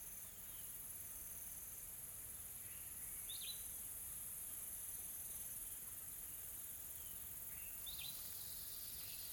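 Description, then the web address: Insect chorus as a continuous high, even drone, with two brief brighter chirping calls and scattered faint chips over it. Soft, calm insect ambience from a tropical forest in South Africa. "Sonniss com - GDC 2020-Game Audio Bundle Smart Sound FX - Nature South Africa AMBIENCE Additional Tropical Forest Soft Insects Calm"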